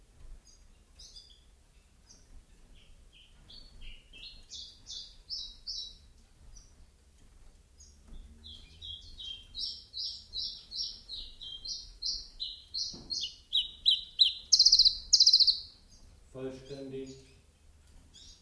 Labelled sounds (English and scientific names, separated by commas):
Common Chiffchaff (Phylloscopus collybita)